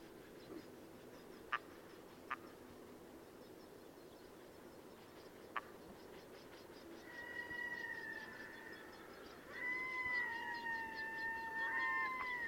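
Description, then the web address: Red-throated loon song: after a few faint clicks, thin wavering wailing notes rise in from the middle, growing stronger toward the end over a soft background hiss. "chant xeno-canto plongeon catmarin"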